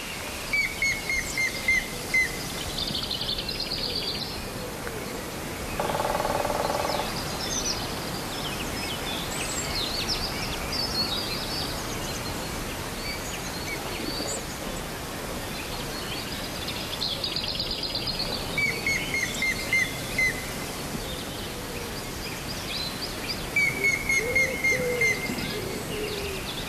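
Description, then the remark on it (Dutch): A grey-headed woodpecker in eastern Poland gives short, rapid runs of piping notes, less laughing than a green woodpecker's call, heard about three times over a steady wash of ambient noise and scattered birdsong. “Het is iets minder lachend dan de groene specht.”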